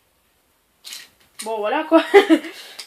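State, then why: Not seated. A standard plastic action-camera mount buckle is handled next to its base mount while someone talks, with a brief rustle around 0.9 s and a short sharp sound near 2.8 s. Nothing has seated or clicked yet.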